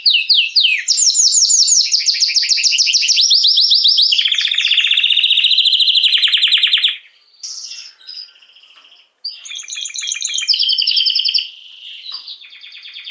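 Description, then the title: Belgian canary song: fast buzzy trills held near high pitch, shifting to a lower rolling trill, then a short pause before brighter chattering phrases resume. Male Belgian canary named Raiden singing a great deal; meant for warming up young birds and Belgian canaries. "Esquente Seu Filhote E Canario Belga Em 30 Minutos Macho Cantando Muito. Canrio Belga RAIDEN Cantando Muito - Esquente seu Canrio Belga"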